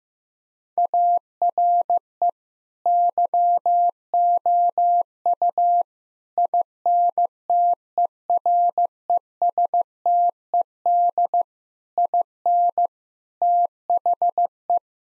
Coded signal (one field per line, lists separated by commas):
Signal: Morse code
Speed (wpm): 15 wpm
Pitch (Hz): 700 Hz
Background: none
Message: ARE YOU INTERESTED IN THE